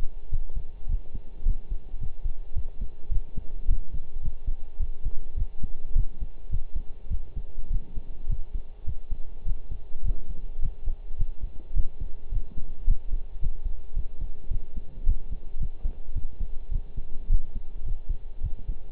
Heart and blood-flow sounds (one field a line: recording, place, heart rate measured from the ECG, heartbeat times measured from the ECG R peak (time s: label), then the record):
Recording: heart sounds by stethoscope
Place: between the tricuspid and mitral areas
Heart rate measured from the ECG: 106 bpm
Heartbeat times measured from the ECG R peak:
0.31 s: heartbeat
0.89 s: heartbeat
1.46 s: heartbeat
2.01 s: heartbeat
2.56 s: heartbeat
3.11 s: heartbeat
3.68 s: heartbeat
4.23 s: heartbeat
4.79 s: heartbeat
5.37 s: heartbeat
5.95 s: heartbeat
6.52 s: heartbeat
7.10 s: heartbeat
7.70 s: heartbeat
8.30 s: heartbeat
8.87 s: heartbeat
9.46 s: heartbeat
10.04 s: heartbeat
10.62 s: heartbeat
11.19 s: heartbeat
11.75 s: heartbeat
12.32 s: heartbeat
12.87 s: heartbeat
13.42 s: heartbeat
13.96 s: heartbeat
14.50 s: heartbeat
15.06 s: heartbeat
15.60 s: heartbeat
16.15 s: heartbeat
16.71 s: heartbeat
17.29 s: heartbeat
17.85 s: heartbeat
18.43 s: heartbeat
From the record:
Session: pedaling a stationary bicycle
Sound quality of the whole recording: partially saturated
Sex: male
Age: 23 years